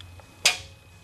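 A diesel fuel injector is pushed down by hand into its bore in the cylinder head, and a single sharp, bright click rings out at 0.5 s over a faint low hum. The click marks the injector seating in its bore.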